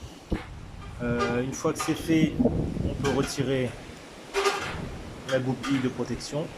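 The blade clamp release lever on a cordless power tool is pulled fully out during disassembly, giving a single short click at 0.3 s that frees the blade so it can be removed. Someone talks through most of the clip.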